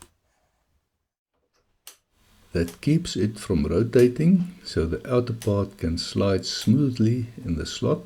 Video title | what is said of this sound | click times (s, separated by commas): Fine Feed Locking Widget for the Mini Milling Machine | Nu wordt de vergrendelingswidget op de as gemonteerd en wordt het binnenste deel op zijn plaats vergrendeld met behulp van de eindring . | 1.9 s